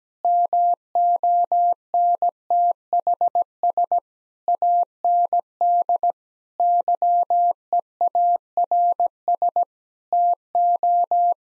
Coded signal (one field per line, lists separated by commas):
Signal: Morse code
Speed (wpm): 17 wpm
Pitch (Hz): 700 Hz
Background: none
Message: MONTHS AND YEARS TO